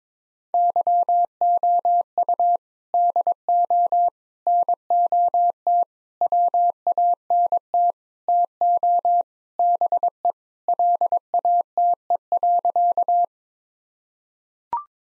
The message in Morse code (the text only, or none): YOU DO NOT WANT TO BE LATE.